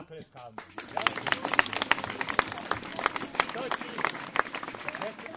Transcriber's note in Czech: potlesk